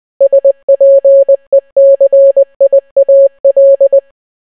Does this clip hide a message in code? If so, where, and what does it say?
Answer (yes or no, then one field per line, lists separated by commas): yes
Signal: Morse code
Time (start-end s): 0.2-4.0 s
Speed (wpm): 20 wpm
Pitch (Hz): 550 Hz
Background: none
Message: SPECIAL